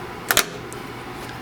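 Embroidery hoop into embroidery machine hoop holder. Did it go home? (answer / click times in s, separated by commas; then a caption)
yes / 0.3 s, 0.4 s. An embroidery hoop is lifted past the gates on both sides of an embroidery machine's hoop holder until it latches onto the machine arm. Two sharp clicks land close together at 0.3 s and 0.4 s, one per side, followed by a faint tick at 0.7 s over a low steady background. The hoop is seated and good to go.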